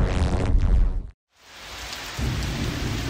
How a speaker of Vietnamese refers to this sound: Đêm đó, trời làng Kim Lũ trĩ trả một thứ mưa phùn lạnh buốt. Cái thứ mưa dầm dề bám lấy những tàu lá chuối héo rũ